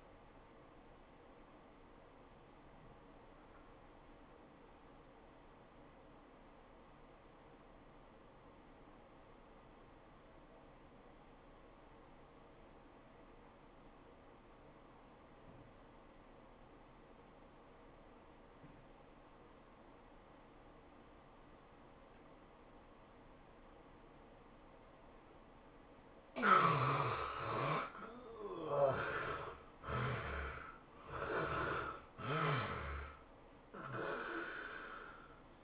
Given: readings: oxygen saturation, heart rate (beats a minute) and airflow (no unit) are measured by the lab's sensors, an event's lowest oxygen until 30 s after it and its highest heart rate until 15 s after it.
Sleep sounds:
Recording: breathing in sleep by a voice recorder at the bedside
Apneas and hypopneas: 1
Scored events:
10.00-27.10 s: obstructive apnea (N1, oxygen 96% highest, then 71% lowest, heart rate 96 at the start, 110 highest)
12.00-35.64 s: new sleep stage, N2 (light sleep)
From the record:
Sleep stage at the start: N1 (lightest sleep)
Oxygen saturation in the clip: 73 to 96%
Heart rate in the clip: 82 to 109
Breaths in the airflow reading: 2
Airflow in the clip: -14.9 to 18.9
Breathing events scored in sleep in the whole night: 403 in 5.5 hours asleep

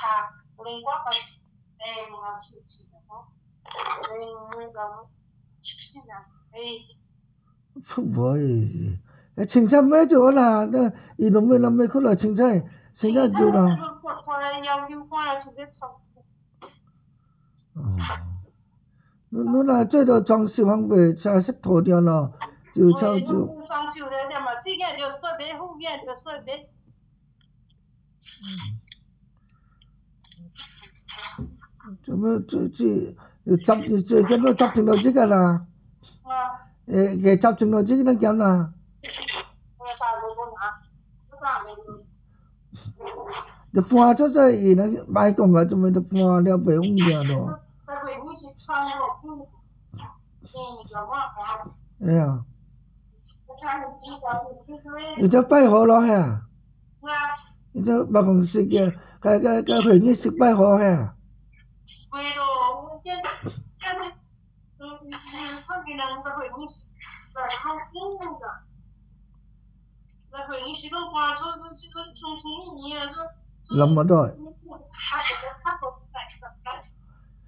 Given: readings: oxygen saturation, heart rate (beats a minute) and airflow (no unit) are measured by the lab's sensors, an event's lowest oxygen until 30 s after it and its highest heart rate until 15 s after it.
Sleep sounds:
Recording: a person awake in a sleep study, by a smartphone at the bedside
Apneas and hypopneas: none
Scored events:
0.00-77.48 s: awake
From the record:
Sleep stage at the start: awake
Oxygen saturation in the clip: 93 to 96%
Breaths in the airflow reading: 25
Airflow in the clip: -7.8 to 5.8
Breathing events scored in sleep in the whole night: 270 in 6.1 hours asleep

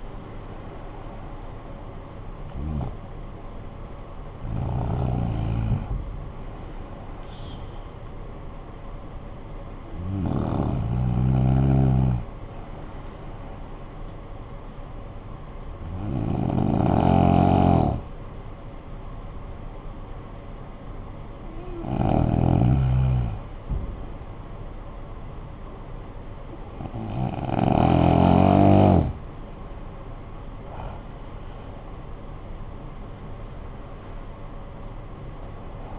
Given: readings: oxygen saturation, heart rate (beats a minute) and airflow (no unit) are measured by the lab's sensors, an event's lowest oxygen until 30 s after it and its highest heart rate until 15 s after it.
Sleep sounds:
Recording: breathing in sleep by a smartphone at the bedside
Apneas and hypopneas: 1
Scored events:
8.00-31.20 s: hypopnea (N1, oxygen 95% highest, then 92% lowest, heart rate 58 at the start, 69 highest)
From the record:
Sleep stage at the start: N1 (lightest sleep)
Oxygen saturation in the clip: 92 to 95%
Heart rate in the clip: 50 to 64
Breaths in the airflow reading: 7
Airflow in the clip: -13.3 to 13.7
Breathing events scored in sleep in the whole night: 445 in 7.6 hours asleep

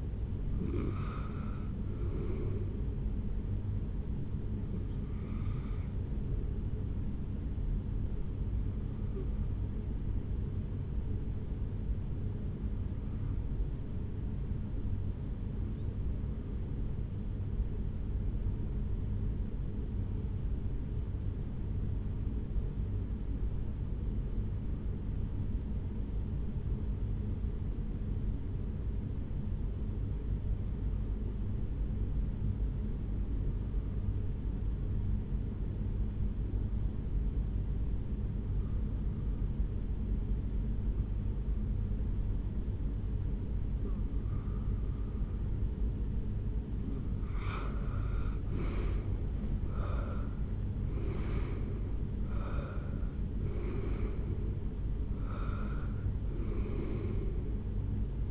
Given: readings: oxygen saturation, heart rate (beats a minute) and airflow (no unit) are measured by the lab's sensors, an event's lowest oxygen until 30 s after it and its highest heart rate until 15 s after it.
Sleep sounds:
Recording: breathing in sleep by a smartphone at the bedside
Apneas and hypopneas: 1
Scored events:
12.00-45.80 s: hypopnea (REM, oxygen 97% highest, then 83% lowest, heart rate 59 at the start, 79 highest)
From the record:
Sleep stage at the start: REM sleep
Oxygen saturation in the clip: 80 to 97%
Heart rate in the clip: 58 to 79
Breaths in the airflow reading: 10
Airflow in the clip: -11.2 to 6.9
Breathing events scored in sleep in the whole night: 449 in 7.0 hours asleep

